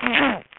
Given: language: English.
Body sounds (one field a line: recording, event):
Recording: throat vibration sensor signal played as sound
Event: throat clearing